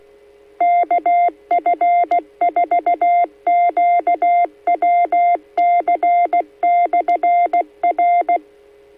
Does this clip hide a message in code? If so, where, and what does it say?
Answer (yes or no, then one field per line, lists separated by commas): yes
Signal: Morse code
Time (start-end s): 0.6-8.4 s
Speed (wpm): 16 wpm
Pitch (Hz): 700 Hz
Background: none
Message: KF4QWC/R